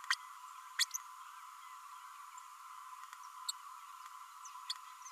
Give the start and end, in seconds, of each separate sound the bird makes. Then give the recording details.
0.10-0.14, 0.79-0.85. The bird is a male. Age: 33 days. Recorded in a nest box in Venezuela. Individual 17B32A6